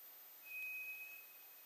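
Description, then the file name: White's thrush song: a lone, pure, unwavering whistle about three quarters of a second long, high and thin, with quiet hiss behind. Recorded 2 July 2007. "toratugumi-20070702"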